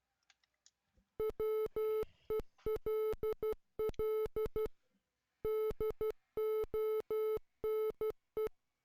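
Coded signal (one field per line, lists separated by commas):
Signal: Morse code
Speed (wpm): 12 wpm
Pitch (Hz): 430 Hz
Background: music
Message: WELL DONE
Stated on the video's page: Morse from the NES game Silent Service running on an emulator.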